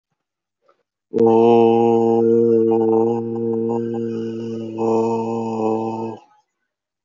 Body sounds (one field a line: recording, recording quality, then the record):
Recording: sustained vowel as in boot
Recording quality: excellent, no background noise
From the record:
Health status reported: healthy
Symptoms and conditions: none ticked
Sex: male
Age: 40 years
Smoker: not ticked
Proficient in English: yes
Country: India